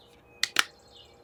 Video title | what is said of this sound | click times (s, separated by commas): Showing Off A New Piece of Gear | you hear it click it does the legs don't unfold on their own | 0.4 s, 0.6 s